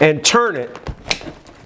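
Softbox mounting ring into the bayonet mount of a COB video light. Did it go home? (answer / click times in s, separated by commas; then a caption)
yes / 1.1 s. Someone talks while a softbox speed ring is pressed onto the spring-loaded, tight bayonet mount of a COB video light head and turned. A sharp click at 1.1 s marks the ring locking into the mount, leaving the softbox seated.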